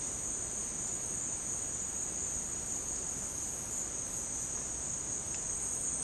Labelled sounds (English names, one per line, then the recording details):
none
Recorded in secondary vegetation near Puerto Asís, Putumayo, Colombia, on 29 June 2025 at 12:00
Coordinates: 0.484, -76.319
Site G074